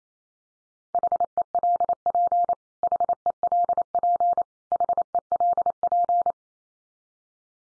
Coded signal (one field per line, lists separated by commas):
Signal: Morse code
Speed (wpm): 28 wpm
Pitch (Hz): 700 Hz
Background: none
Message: HELP HELP HELP